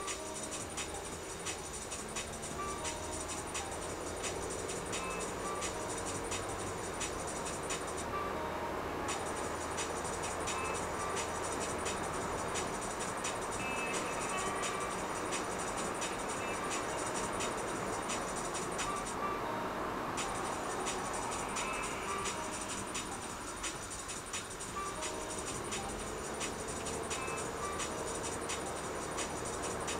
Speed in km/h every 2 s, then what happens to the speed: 20, 36, 41, 47, 53, 58, 62, 63, 63, 59, 50, 37, 33, 41, 47.
0-12 speeds up to 62. 12-17 steady at about 63. 17-23 brakes to 33. 23-30 speeds up to 47.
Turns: none.